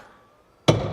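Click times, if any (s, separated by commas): 0.7 s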